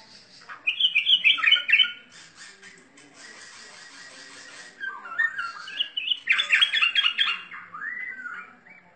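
Bird song in two bursts of fast twittering, chattering notes, separated by a stretch of hissing background noise.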